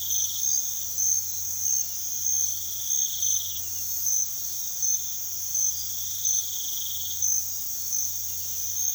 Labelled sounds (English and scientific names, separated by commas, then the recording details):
none
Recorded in pastures near Puerto Asís, Putumayo, Colombia, on 21 March 2025 at 03:30
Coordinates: 0.487, -76.322
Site G077